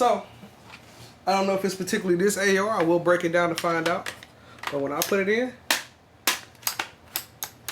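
Someone talks, then a polymer magazine is pushed into an AR pistol magwell, producing a series of sharp clicks from about 5.7 to 7.4 seconds. The magazine clicks but the catch does not grab, so nothing has seated.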